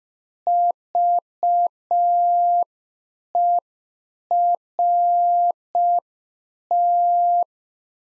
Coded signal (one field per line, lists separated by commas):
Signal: Morse code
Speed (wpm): 5 wpm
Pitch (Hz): 700 Hz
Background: none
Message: VERT